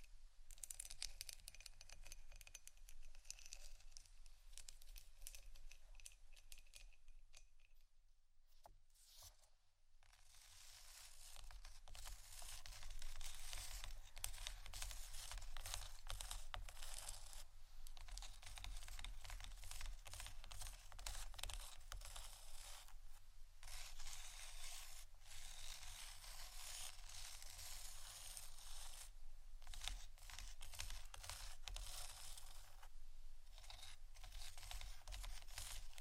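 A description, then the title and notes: Intense scratching runs almost the whole way through, a dense, rapid rasp of bright strokes with a low rumble underneath. It thins briefly around eight to ten seconds, then returns harder and stays busy, with short breaks near twenty-three and thirty seconds. ASMR Intense Scratching. (No Talking).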